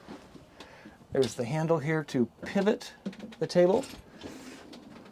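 Someone talks while using the handle to pivot the permanent table in the great room of a Wingamm Oasi 540 micro RV. Faint short knocks are heard near 0.6 s and 4.7 s. The table is being handled, and its pivot lock has not seated or clicked into place yet.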